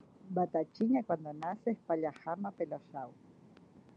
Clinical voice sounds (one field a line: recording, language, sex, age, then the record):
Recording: short text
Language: Brazilian Portuguese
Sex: female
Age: 50 to 59 years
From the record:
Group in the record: control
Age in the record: 55 years